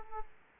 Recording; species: mosquito wingbeat signal from an infrared sensor; Aedes aegypti